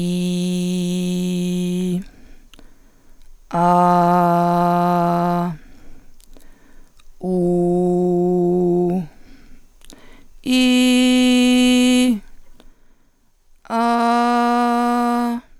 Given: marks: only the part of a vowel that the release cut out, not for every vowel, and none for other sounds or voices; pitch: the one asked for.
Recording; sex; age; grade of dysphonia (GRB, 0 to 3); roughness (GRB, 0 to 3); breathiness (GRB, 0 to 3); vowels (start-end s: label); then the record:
sustained vowels; female; 40 to 49 years; 1; 1; 1
0.00-1.93 s: vowel /i/, normal pitch
3.67-5.33 s: vowel /a/, normal pitch
7.34-8.87 s: vowel /u/, normal pitch
10.54-12.02 s: vowel /i/, high pitch
13.74-15.22 s: vowel /a/, high pitch
From the record:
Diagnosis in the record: Reinke's edema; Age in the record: 43 years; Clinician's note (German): Beidseitig, gering ausgeprägt mit unregelmäßigem Schwingungsbild